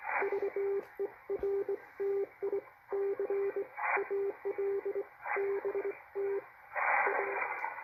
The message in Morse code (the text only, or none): VERTICAL BT A